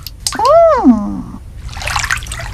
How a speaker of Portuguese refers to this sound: Algumas gotas de remédio na água e ela ficará bem.